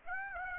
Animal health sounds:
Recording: mosquito wingbeat signal from an infrared sensor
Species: Aedes aegypti

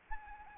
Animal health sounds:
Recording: mosquito wingbeat signal from an infrared sensor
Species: Anopheles arabiensis

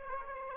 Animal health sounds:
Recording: mosquito wingbeat signal from an infrared sensor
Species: Aedes aegypti

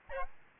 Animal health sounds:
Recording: mosquito wingbeat signal from an infrared sensor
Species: Aedes albopictus

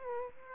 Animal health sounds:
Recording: mosquito wingbeat signal from an infrared sensor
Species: Aedes aegypti

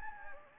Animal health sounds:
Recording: mosquito wingbeat signal from an infrared sensor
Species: Anopheles gambiae

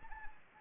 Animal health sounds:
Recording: mosquito wingbeat signal from an infrared sensor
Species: Anopheles gambiae

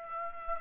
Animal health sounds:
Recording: mosquito wingbeat signal from an infrared sensor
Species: Aedes aegypti

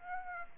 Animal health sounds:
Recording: mosquito wingbeat signal from an infrared sensor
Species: Aedes aegypti

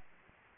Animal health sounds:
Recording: mosquito wingbeat signal from an infrared sensor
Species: Anopheles arabiensis

